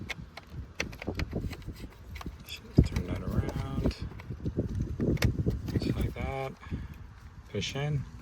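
A door wiring connector is handled and lined up to be pushed into the door module of a 2002-2009 Chevy Trailblazer during a window regulator replacement, with scattered sharp handling taps and rustles while someone talks. The connector has not seated or clicked yet.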